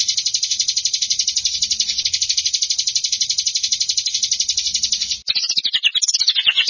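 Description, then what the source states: Canary song with a sustained, very fast rattling trill lasting five seconds, ending in a burst of warbled rising and falling notes. Champion singing canary.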